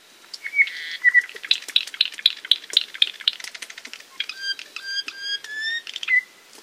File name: Apapane